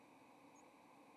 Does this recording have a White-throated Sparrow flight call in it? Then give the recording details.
no. Another species' flight call is heard. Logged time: 08:33 on 30 October 2014